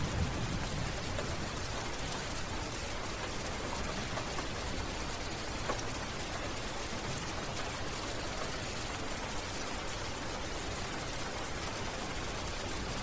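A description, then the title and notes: Medium-light rain falls steadily and evenly, a dense hiss of countless pattering drops that holds at the same level throughout. Overcast day.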